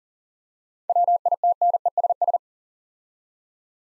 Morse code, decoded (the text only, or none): WITNESS